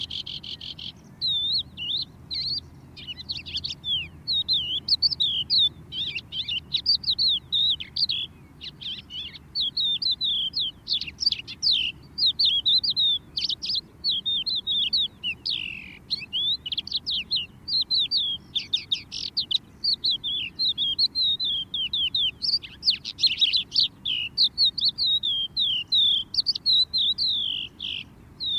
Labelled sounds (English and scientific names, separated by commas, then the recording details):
Crested Lark (Galerida cristata) song
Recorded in the wild
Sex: male
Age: adult
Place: Erlangen, OT Schallershof, Bayern, DE
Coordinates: 49.5869, 10.9783
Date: 1967-04-13
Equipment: Vollspur, Original
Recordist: Tretzel, Erwin
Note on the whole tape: Schallershof: Gesang. Alte Haubenlerche B vor Firma CESIWID (Neumühle 4) - (hier in dieser Aufnahme aber keine Schäferpfiff-Imitation zu hören)